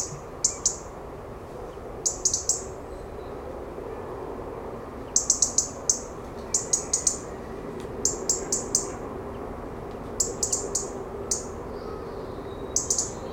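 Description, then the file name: European robin calls: clusters of two to four sharp high tick notes repeating at irregular intervals throughout, over steady low background noise. "Erithacus rubecula"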